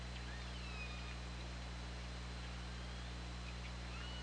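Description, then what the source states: Orca calls: a drawn-out descending tone early on and a rising one near the end, heard through heavy low droning underwater noise. Recorded on an OrcaLab hydrophone, underwater, 24 August 2017 at 20:39.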